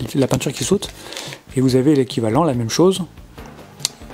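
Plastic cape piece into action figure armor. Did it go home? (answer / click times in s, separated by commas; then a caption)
yes / 3.9 s. Someone talks while fitting a plastic cape piece into the armor of a Saint Seiya Myth Cloth EX Camus du Verseau action figure. A short, sharp click at 3.9 s shows the piece clipping into its slot and seating in place.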